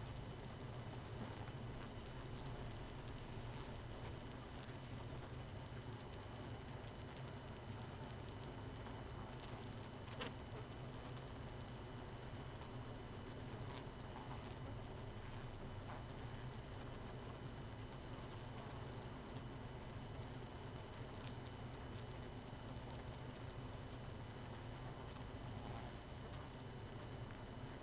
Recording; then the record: honeybee colony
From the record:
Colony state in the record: missing queen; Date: 31 May 2018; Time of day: 22:05